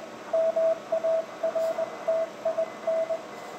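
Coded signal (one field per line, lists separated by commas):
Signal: Morse code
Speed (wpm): 20 wpm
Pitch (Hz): 650 Hz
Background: radio noise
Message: MARTIN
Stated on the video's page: CW on 20 m between a Fiji station and another station.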